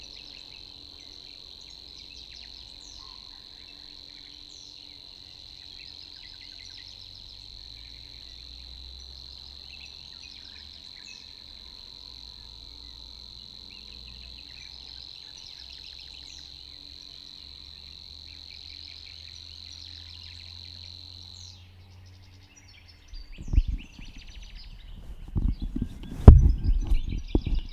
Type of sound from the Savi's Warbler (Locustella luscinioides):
song